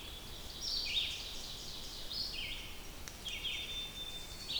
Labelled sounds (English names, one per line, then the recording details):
Red-eyed Vireo song
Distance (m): 40 m
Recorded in boreal forest in Alberta, Canada, on 2 June 2016 at 08:15
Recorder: SongMeter 3, array SBT-3-7
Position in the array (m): 110 m, 131 m